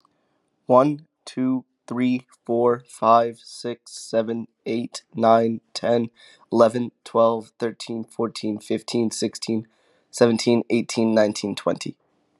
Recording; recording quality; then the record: counting at a normal pace; excellent, no background noise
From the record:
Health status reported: COVID-19 positive, moderate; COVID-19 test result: positive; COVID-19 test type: RT-PCR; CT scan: not taken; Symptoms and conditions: cough, cold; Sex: male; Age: 23 years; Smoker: no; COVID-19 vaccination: both doses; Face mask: not worn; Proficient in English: yes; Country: United States